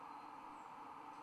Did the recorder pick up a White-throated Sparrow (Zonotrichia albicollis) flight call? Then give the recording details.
no. Another species' flight call is heard. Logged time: 02:07 on 1 December 2014